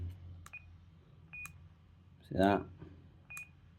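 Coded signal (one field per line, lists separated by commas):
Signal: none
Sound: a radio's button beeps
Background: speech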